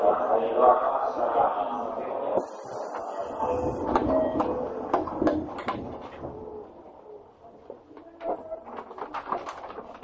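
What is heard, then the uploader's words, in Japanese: A Tokyo Metro 7000 series train runs between Shin-kiba and Nerima with a dense, steady rumble that is loudest at first and slowly fades. A thin high hiss enters around 2.5 seconds, and from about 4 seconds sharp clicks and knocks repeat irregularly. 東京メトロ7000系 新木場〜練馬。車体は20m両開き4扉のアルミニウム合金製。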